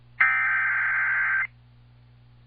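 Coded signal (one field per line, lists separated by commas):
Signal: Emergency Alert System (SAME) tones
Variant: header bursts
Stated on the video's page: Weekly Thursday EAS tests.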